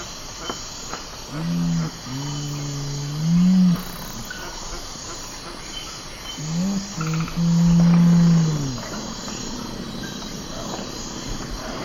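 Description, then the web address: Nocturnal Curassow giving deep, humming low hoots in two drawn-out phrases, each swelling and ending on a longer, louder note, over a steady chorus of insects. Recorded in the eastern lowlands of South America. "Natures Songs S America Eastern Lowlands. Nocturnal Curassow"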